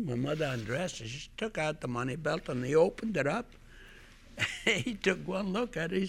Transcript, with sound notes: My mother undressed and she took out the money belt and they opened it up. ( he laughs ) He took one look at it.